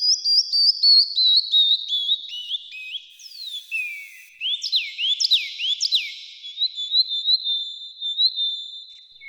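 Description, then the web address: Canary singing: a quick run of descending chipped notes gives way to swooping slurred whistles and a bright, fast trill near the end. "kenar canto"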